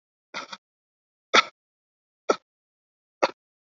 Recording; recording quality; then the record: shallow voluntary cough; moderate, slight background noise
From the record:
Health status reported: COVID-19 positive, mild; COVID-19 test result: positive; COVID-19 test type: RT-PCR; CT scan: not taken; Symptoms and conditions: cough, breathing difficulty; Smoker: no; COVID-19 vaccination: both doses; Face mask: worn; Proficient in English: no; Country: India